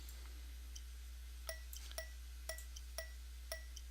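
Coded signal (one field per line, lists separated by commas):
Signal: tap code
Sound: five crisp metallic taps about half a second apart over a low hum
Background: low electrical hum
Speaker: the word that it sent me is zebra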